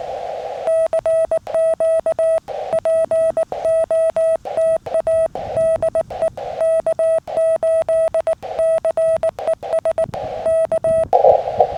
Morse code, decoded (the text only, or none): CQ POTA DE K8CES K EE